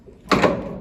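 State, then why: Seated. A lathe's speed selector lever, stuck because the gearing would not engage, snaps into the 4th column of the headstock gear positions as the chuck is turned by hand with the machine switched off. A sharp metallic snap sounds at 0.3 s against low background noise, then rings down. The lever is seated, setting the lathe to 600 RPM.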